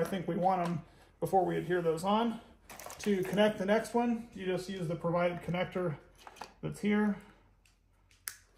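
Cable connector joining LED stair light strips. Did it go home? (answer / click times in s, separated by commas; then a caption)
yes / 8.3 s. Someone talks while fitting the supplied plastic connector between two Ameistor LED stair-light strips. A sharp snap is heard at 8.3 s as the connector clicks in and seats.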